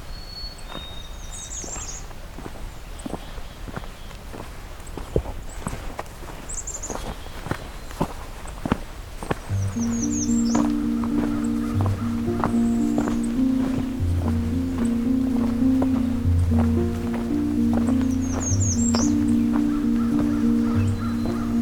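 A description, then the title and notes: Footsteps crunch steadily along a trail on a morning hike while birds chirp high above, then a low droning hum joins in halfway through. The first part of a morning hike into the southern half of Pine Tree Point Nature Preserve, opening with a songful White-throated Sparrow.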